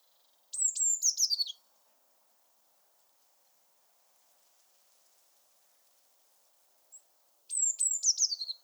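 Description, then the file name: Eurasian blue tit giving two phrases, each a high sharp note followed by a quick descending trill, separated by about six seconds of quiet with a faint tick. "Cyanistes caeruleus"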